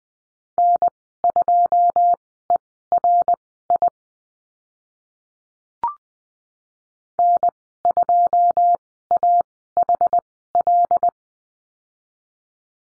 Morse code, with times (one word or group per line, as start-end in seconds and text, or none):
0.6-3.9 N2ERI
7.2-11.1 N2AHL